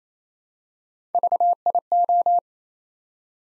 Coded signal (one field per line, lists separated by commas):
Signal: Morse code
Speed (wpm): 28 wpm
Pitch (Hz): 700 Hz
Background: none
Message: VIO